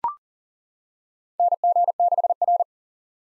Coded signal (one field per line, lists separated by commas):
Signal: Morse code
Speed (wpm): 40 wpm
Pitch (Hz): 700 Hz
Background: none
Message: NG6R